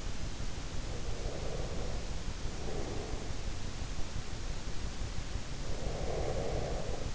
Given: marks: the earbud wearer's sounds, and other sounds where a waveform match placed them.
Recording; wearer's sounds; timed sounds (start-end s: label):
sounds in sleep by an in-ear microphone; breath
0.84-3.27 s: breath
5.35-7.15 s: breath